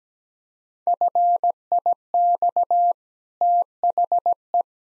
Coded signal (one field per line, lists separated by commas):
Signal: Morse code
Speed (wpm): 17 wpm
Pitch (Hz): 700 Hz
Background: none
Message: FIX THE